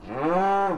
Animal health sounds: contact call of a hoofed animal; cattle; low-frequency (closed-mouth) or high-frequency (open-mouth) call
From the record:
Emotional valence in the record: negative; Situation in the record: full separation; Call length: 0.78 s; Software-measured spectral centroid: 1100 Hz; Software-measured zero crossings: 1350 a second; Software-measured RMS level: -24 dBFS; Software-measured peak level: -13 dBFS

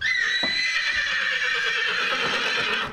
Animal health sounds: contact call of a hoofed animal; horse; whinny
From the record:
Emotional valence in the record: negative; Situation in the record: group separation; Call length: 3.0 s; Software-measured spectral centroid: 2740 Hz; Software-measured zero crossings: 4620 a second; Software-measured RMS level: -24 dBFS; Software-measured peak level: -11 dBFS

